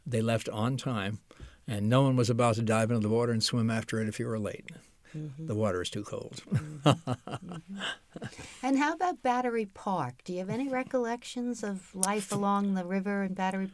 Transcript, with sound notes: They left on time and no one was about to dive into the water and swim after it if you were late.
Uh-hmm.
The water was too cold. [laughs]
Uh-hmm. And how about Battery Park? Do you have any recollections of life along the river and Battery Park?